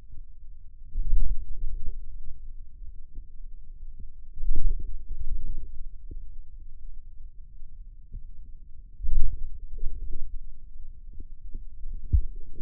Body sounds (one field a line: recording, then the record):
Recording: forearm muscle sounds (acoustic myography)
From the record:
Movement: wrist flexion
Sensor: system 2, bracelet of six BSWA MPA416 microphones around the upper forearm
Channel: 6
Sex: male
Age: 22 years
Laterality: right